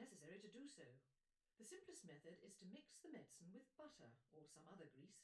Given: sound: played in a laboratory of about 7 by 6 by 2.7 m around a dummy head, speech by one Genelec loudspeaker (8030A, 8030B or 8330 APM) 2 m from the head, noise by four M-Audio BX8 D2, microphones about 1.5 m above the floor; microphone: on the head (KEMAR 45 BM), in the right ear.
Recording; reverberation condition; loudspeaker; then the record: female speech in English; low; 60 degrees to the left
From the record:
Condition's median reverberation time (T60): about 310 ms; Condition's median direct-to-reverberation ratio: about 3.5 dB